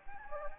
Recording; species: mosquito wingbeat signal from an infrared sensor; Anopheles gambiae